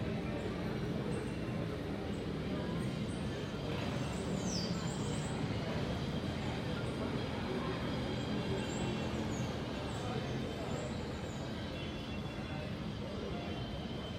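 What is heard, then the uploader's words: Parque Colón in Santo Domingo, a steady wash of crowd chatter and traffic rumble with no pauses. Brief bird chirps and squeaks cut through above the murmur, clearest around four to five seconds and again near nine. Parque Colón – Santo Domingo, Dominican Republic (Binaural Field Recording).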